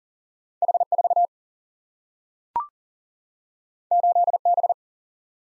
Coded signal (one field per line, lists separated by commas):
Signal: Morse code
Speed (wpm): 39 wpm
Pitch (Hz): 700 Hz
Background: none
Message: H 4 8 B